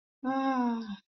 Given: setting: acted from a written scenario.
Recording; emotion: vocal sound without words; contentment